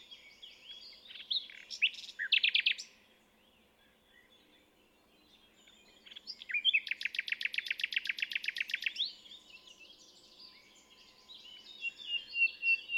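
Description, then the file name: Common nightingale song with varied chirping phrases, a quiet gap, then a rapid rattling trill lasting several seconds, followed by more warbled notes. "Luscinia megarhynchos"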